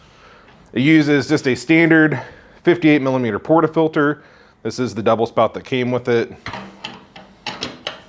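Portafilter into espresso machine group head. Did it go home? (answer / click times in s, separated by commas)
yes / 7.9 s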